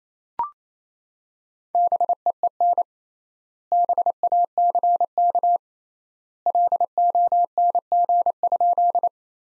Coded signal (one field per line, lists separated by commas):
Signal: Morse code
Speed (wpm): 28 wpm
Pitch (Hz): 700 Hz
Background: none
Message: BEEN BACK LONG?